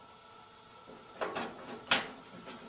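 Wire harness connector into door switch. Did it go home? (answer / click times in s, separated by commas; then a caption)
yes / 1.9 s. A plastic wire harness connector is pushed all the way into the door switch of a Whirlpool washing machine and locked with its tab. A first soft knock comes at about 1.2 s, and the sharp, bright click at 1.9 s marks the connector seating fully. Low, steady background noise runs underneath throughout.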